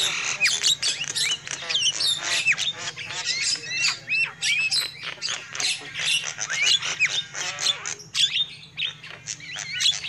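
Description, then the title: Lovebird chatter, an unbroken stream of shrill squeaks, rasps and short rising whistles, with a steady low hum. Lure call (pikat) used for trapping lovebirds. "PIKAT BURUNG LOVEBIRD"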